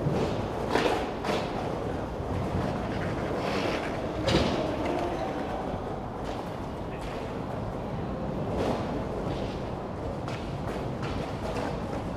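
Skateboarding practice: a continuous rolling rumble fills the whole stretch, low and dense, with a steady overall level. Sharp cracks and thuds stand out over it, near 1 second, just past 4 seconds, and around 8.5 seconds, with smaller clacks scattered between.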